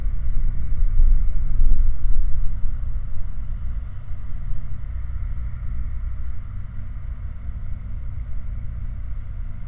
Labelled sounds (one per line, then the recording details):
machinery
flare stack
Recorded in the Prudhoe Bay oil fields, Alaska, on 8 July 2019 at 01:03
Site 29